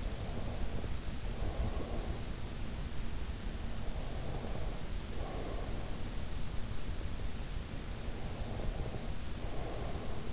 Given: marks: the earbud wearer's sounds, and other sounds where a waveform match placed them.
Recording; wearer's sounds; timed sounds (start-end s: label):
sounds in sleep by an in-ear microphone; breath
0.00-2.44 s: breath
3.85-5.92 s: breath
8.01-10.32 s: breath